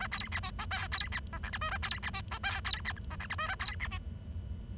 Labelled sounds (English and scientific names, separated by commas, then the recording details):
Bengalese Finch (Lonchura striata domestica) song
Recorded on 23 June 2012 at 07:51
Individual gr41rd51